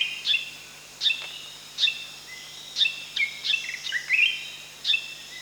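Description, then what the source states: Spotted fantail giving spaced high sharp notes and a few brief slurred whistles. Recorded at Danum on 1 July 2008.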